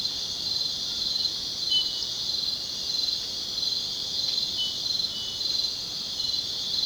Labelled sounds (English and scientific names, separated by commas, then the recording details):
none
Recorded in secondary vegetation near Puerto Asís, Putumayo, Colombia, on 19 February 2024 at 03:00
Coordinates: 0.472, -76.331
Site G6371